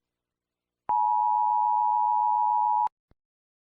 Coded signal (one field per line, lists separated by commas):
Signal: Emergency Alert System (SAME) tones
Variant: 853 and 960 Hz attention tone